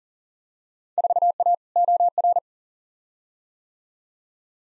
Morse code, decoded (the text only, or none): 4A OR